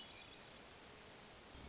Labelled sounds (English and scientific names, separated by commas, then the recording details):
Hermit Thrush (Catharus guttatus)
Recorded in Sonoma County, California